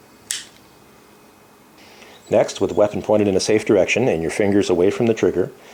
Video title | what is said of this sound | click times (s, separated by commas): Basic Firearms Tutorial #18: Glock | you can see hear and feel when the magazine catch engages | 0.3 s